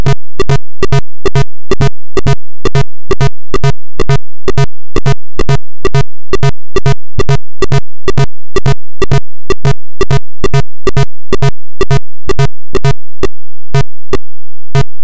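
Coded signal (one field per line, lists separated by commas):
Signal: none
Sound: a game's sound effects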